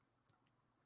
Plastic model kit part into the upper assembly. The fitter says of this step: and that's going to kind of lock into place right there